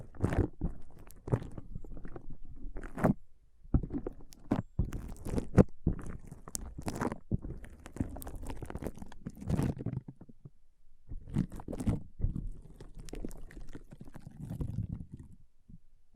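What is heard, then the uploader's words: Foam being squeezed and rubbed in dense, irregular crunchy bursts with short pauses, mostly low and rumbling with sharp crackling edges. ASMR Powerful Foam Brain Massage.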